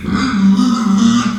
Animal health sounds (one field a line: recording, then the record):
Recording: squeal of a Yucatan mini pig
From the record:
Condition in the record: after surgery on the right vocal fold (resection and tissue-engineered implant)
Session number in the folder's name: 13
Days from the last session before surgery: 113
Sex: female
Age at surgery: 19 weeks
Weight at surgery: 25 kg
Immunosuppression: prednisolone